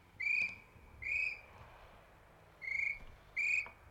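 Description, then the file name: Kiwi giving piercing whistles, four short high notes in two pairs separated by a brief pause, over quiet background hiss. "avskiwils"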